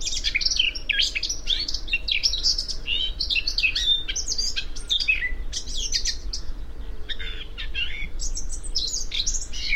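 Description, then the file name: Eurasian blackcap singing a rapid, chattering warble of squeaky and buzzy high notes without pause throughout, with low background rumble. "Sylvia atricapilla"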